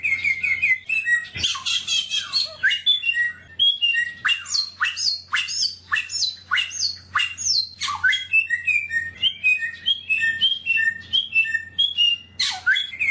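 Bird song opening with buzzy trills, then a long string of steeply falling whistles and quick chirps, continuous for the whole stretch, low hum underneath.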